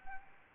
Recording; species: mosquito wingbeat signal from an infrared sensor; Anopheles arabiensis